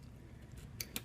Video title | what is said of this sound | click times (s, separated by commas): Plate Reticle Assembly | You should hear it snap into place. | 0.8 s, 1.0 s